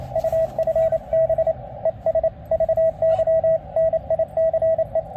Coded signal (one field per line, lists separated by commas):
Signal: Morse code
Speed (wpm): 28 wpm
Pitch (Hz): 650 Hz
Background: radio noise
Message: UFB ES VY NICE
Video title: Understanding Amateur Radio and Morse Code